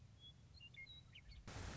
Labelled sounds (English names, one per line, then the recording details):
Western Meadowlark
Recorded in Sonoma County, California